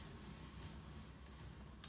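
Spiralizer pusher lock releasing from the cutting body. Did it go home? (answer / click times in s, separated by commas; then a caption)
released / 1.8 s. A zucchini is turned through a plastic hand-crank spiralizer, with a steady low grinding rumble from the cranking. At 1.8 s the spiralizer's pusher lock releases from the cutting body with a sharp click as it reaches the end of the vegetable, automatically unlocking so it stops short of the blades.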